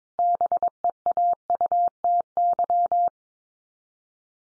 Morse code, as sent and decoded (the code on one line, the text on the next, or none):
-... . .- ..- - -.--
BEAUTY